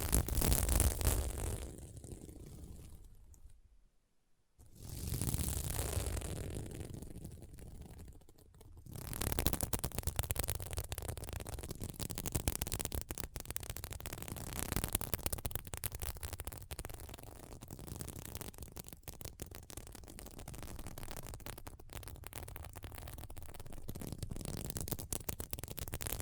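Scratching sounds from a sequined mermaid pillow, a dense, rough rustle that fills the whole clip. It stops almost completely near the four-second mark and dips again around eight seconds, then carries on steadily with quick, scattered ticks and clicks.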